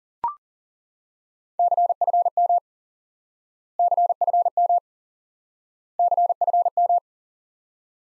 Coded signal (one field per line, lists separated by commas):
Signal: Morse code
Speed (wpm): 40 wpm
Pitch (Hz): 700 Hz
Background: none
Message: CFM CFM CFM